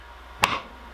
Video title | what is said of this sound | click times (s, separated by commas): BougeRV 37 Quart Portable Refrigerator - Full Review | has a nice solid click and it does not come back up | 0.4 s